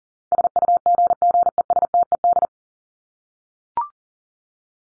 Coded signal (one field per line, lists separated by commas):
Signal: Morse code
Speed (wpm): 40 wpm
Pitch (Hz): 700 Hz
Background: none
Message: SUGGESTED